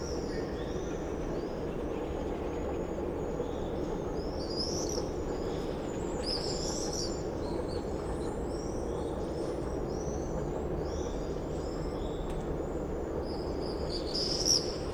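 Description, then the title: Common swift screams, high shrill calls from several birds rising and fading in waves, with a brief louder scream at the end and a constant low hum. Summer evening in a backyard in Bytom, Poland; many swifts circling; recorded with Zoom F4 and AT BP4025. "Zygmunta Starego 3, Bytom, Poland - Backyard swifts"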